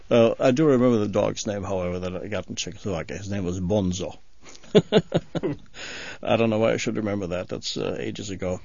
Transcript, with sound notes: Uh, I do remember the dog's name that I got in Czechoslovakia. His name was "Bonzo." (he laughs) I don't know why I should remember that, that's ages ago.